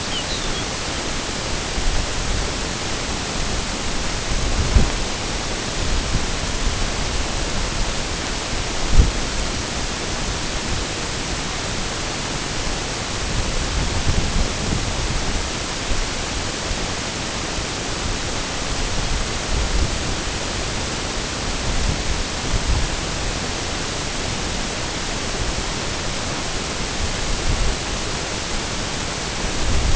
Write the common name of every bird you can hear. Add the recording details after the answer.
Lapland Longspur. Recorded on Arctic tundra, site NAIT-1, on 22 June 2018. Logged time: 15:00